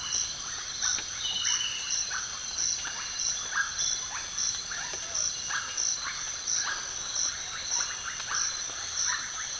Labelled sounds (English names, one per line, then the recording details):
none
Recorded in dense forest near Puerto Asís, Putumayo, Colombia, on 12 March 2025 at 06:00
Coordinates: 0.484, -76.325
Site G045